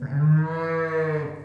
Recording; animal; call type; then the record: contact call of a hoofed animal; sheep; low-frequency (closed-mouth) or high-frequency (open-mouth) call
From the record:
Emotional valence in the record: negative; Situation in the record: short social isolation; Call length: 1.45 s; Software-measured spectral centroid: 1150 Hz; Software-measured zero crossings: 1070 a second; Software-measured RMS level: -23 dBFS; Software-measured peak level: -11 dBFS